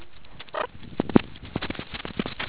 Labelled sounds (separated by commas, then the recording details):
meerkat close call
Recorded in the Kuruman River Reserve, South Africa
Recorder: an audio tag on a meerkat's collar